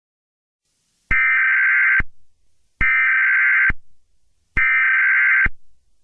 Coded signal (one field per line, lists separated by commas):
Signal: Emergency Alert System (SAME) tones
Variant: header bursts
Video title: The Halloween Entities (EAS Scenario) Part 1